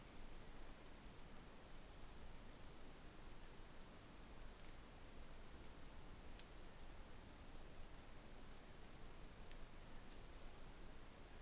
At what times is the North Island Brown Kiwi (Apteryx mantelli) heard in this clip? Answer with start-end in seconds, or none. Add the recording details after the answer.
none. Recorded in New Zealand on 11 December 2011. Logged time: 00:58. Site DD66